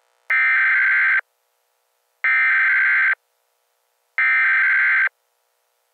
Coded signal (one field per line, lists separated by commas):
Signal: Emergency Alert System (SAME) tones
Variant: header bursts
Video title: EAS Scenario - Titan Kitty